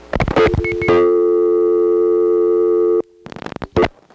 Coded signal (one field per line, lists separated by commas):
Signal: telephone call progress tone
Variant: North America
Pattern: dial tone